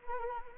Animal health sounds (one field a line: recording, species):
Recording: mosquito wingbeat signal from an infrared sensor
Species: Anopheles arabiensis